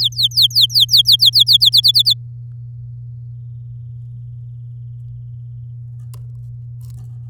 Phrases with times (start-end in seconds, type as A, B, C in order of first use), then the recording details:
0.01-1.70 A, 1.72-2.14 B. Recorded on 10 May 2018 at 12:58. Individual llb16